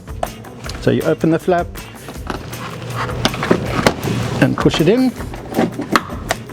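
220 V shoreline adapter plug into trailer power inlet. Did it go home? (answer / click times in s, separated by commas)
yes / 6.0 s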